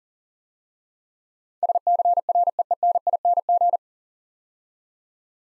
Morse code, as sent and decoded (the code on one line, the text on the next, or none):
... -.-. .-. . . -. .. -. --.
SCREENING